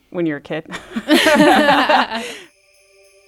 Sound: laughter